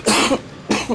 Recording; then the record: coughing mixed with background sound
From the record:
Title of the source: 61 morning phlegmy cough...again